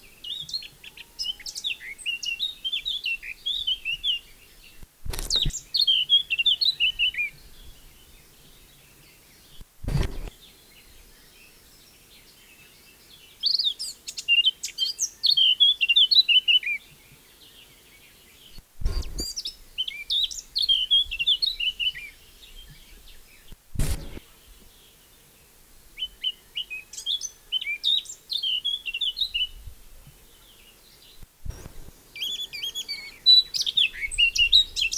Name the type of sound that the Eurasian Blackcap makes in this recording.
song